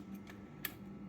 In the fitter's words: inside the thermostat housing that this pops into, and then it's locked into place.